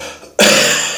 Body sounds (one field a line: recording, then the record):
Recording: coughing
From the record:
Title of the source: Wet Throat Infection Cough